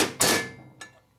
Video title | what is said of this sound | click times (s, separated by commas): 1967 74ci shovelhead #145 flh bike assembly transmission rebuild harley craigslist tatro machine | Hear it pop, pop, pop. | 0.2 s, 0.8 s